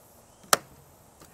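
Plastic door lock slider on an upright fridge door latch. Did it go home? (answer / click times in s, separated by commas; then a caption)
yes / 0.5 s. A plastic lock slider on the door latch of a Dometic NRX 80c upright fridge is slid across until it clicks into place at 0.5 s, a sharp, bright click. A faint soft sound follows at about 1.2 s, and the door is then locked.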